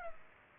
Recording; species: mosquito wingbeat signal from an infrared sensor; Culex pipiens